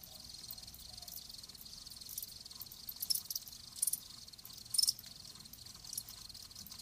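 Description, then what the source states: Crickets trilling softly and continuously, a few louder chirps standing out around the middle and end. Live crickets chirping.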